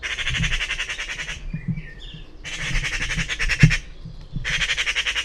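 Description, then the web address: Bird uttering long scratchy, buzzing squawk runs in three bursts, with low thumping and rumbling noise underneath and brief faint chirps in the gaps. "cianscape birddata Deverinetal 2025 Bird Only Pi Pi Pi Pi"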